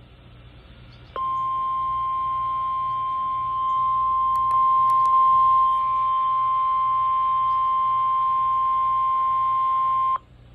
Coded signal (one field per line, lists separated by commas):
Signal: Emergency Alert System (SAME) tones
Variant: 1050 Hz attention tone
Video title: Required Weekly Test on WXL60 || EAS 281